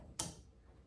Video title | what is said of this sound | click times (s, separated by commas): Archery Tips: Learn How To Repair Your Arrows | you want to hear it click | 0.2 s